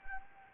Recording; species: mosquito wingbeat signal from an infrared sensor; Anopheles gambiae